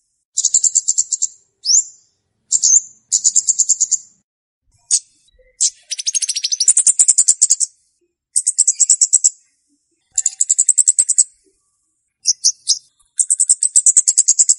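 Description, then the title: Flowerpecker calls: sharp, high ticking notes in quick bursts, some buzzy trills, repeated series with brief pauses throughout. Calls used as a lure for catching birds. "Kicau Untuk Pancing Burung Kemade ( Cabe Cabean)"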